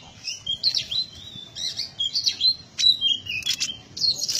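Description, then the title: Small bird giving a varied run of high chirps, short whistles and quick twittering notes, with brief pauses between bursts. "Burung Kecil"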